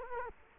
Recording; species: mosquito wingbeat signal from an infrared sensor; Culex quinquefasciatus